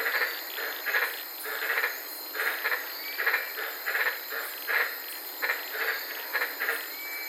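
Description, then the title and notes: White-lipped tree frogs calling in quick pulsed barks in loose groups, a faint upward whistle here and there, insect hiss throughout. White-lipped frogs at night in the Daintree rainforest, Queensland, heard from inside a car. "White Lipped Frog Podcast. I was sitting in my car in the Daintree rainforest in Queensland this night and fell asleep listening to these amazing White lipped frogs"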